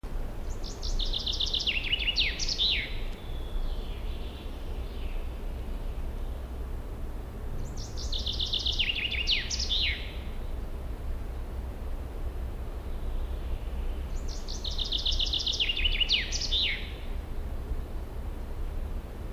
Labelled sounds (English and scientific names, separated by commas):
Common Chaffinch (Fringilla coelebs) song